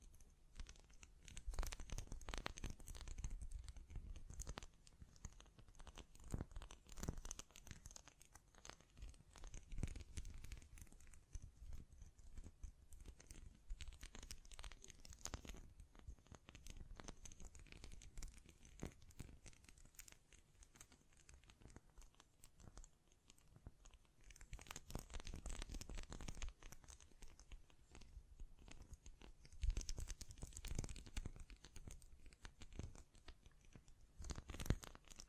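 Tapping, scratching, hand sounds and mic brushing come in dense, irregular bursts of crinkly, papery rustle with scattered sharp taps. Louder flurries hit around 2, 10, 25 and 30 seconds, with a steady low rumble and hiss running underneath throughout.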